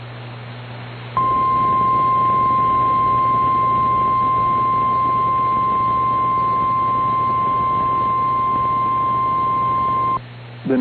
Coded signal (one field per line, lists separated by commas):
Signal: Emergency Alert System (SAME) tones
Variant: 1050 Hz attention tone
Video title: Severe Thunderstorm Warning (Wallace County, KS) (9/9/25) [EAS #292]